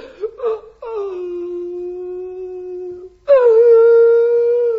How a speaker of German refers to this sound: Das ist doch kein Grund zum Weinen. Ich bin doch auch sichtbar und weine nicht.